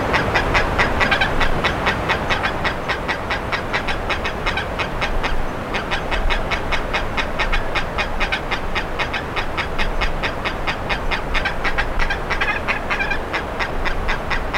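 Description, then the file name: Bird producing a sustained string of harsh call notes, with a short lull midway and steady low noise beneath. "SABIOD 50 bird 2015"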